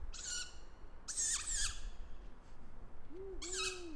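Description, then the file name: Tawny owl: rasping, breathy screeches, with two soft, low, arched notes near the end. "waldkauz"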